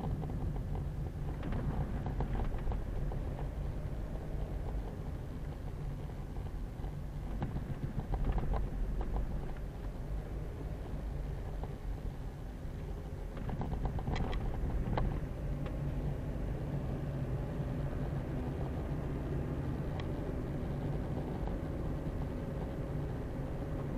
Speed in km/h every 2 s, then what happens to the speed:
13, 10, 12, 11, 9, 11, 11, 13, 19, 24, 26, 27.
0-13 steady at about 11. 13-19 speeds up to 26.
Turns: none.